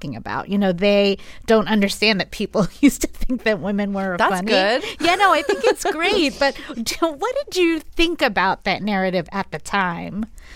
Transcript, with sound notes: You know, they don't understand that people used to think that women weren't funny.
That's good (laughter).
Yeah, no, I think it's great. But what did you think about that narrative at the time?